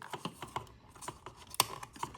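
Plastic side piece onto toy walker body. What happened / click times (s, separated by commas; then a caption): The plastic side piece snapped into place / 1.6 s. A plastic side piece that was loose and not on correctly is pressed back onto the body of a Star Wars Micro Galaxy Squadron AT-TE (104th Battalion) toy walker, limited edition #LE0013. Light plastic taps and clicks lead up to one sharp snap at 1.6 s, and the piece is seated.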